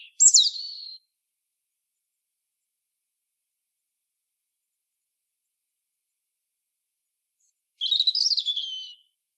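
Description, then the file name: European robin with two high, thin, tumbling phrases of quick sliding notes, separated by a long silent gap. "Erithacus rubecula"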